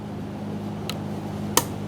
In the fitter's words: once you hear a small click it should be dislodged and you can start pressing it up